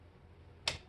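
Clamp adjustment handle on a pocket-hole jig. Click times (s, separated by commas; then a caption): 0.7 s. The clamp adjustment handle on a pocket-hole jig is lifted slowly while a piece of wood is held against the clamp pad, over a faint steady low hum. A single short, quiet detent click sounds at 0.7 s. It is the first of the two clicks needed, and the second has not clicked yet.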